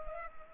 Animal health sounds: mosquito wingbeat signal from an infrared sensor; Culex pipiens

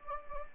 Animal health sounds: mosquito wingbeat signal from an infrared sensor; Anopheles gambiae

